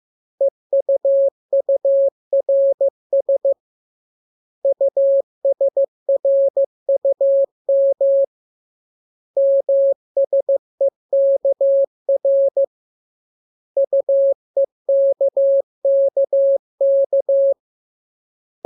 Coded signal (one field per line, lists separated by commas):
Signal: Morse code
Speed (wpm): 15 wpm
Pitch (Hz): 550 Hz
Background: none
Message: EUURS USRUM MSEKR UEKKK